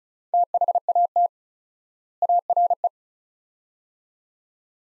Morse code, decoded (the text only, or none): THAT ARE